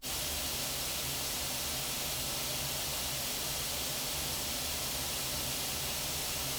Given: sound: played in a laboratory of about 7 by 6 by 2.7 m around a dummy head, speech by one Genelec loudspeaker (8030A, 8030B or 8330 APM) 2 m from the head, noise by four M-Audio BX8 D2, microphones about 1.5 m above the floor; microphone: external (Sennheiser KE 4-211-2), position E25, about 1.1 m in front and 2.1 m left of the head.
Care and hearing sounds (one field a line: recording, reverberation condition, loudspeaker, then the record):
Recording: white noise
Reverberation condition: low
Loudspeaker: four, about 170 cm from the corners of the room and facing them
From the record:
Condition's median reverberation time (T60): about 310 ms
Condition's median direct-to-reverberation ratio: about 3.5 dB